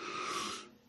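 One harsh, raspy cough burst from an adult man, fading out: a smoker's cough that persists as a lasting effect of about 18 years of smoking, though he quit in 1986, over 30 years earlier.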